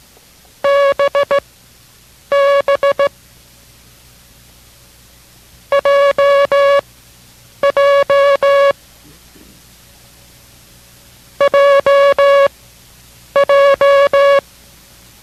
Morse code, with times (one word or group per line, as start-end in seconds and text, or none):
0.6-3.1 BB
5.7-8.7 JJ
11.4-14.4 JJ